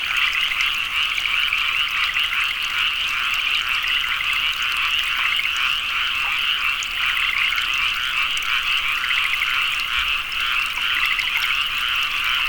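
Many frogs calling at once, an unbroken high ratcheting chorus of pulsed croaks holding steady level throughout.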